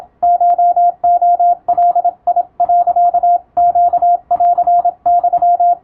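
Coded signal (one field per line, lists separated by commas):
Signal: Morse code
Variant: Japanese Wabun code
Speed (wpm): 26 wpm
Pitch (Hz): 700 Hz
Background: radio noise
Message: コレガ、ネンユ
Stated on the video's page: Japanese Wabun Morse receiving practice in radiotelegraph operator exam telegram format, with adjustable speed.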